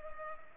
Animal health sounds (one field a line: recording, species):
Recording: mosquito wingbeat signal from an infrared sensor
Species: Culex pipiens